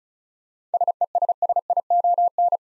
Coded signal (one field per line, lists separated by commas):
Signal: Morse code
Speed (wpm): 36 wpm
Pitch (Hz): 700 Hz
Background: none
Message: SESSION